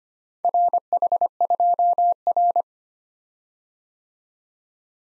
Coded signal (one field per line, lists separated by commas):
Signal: Morse code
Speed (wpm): 29 wpm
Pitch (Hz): 700 Hz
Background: none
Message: RH2R